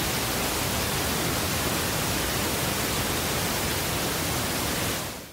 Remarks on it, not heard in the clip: Go down 1 and then 2 steps on the volume control so that the sound of the pink noise is just below the sound of the tinnitus. Notice the pink noise is mixing with the tinnitus. when we use pink noise, the sound therapy.